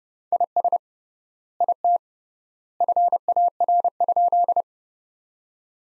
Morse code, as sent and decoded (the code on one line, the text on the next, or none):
.. ... / .. - / ..-. .- .-. ..--..
IS IT FAR?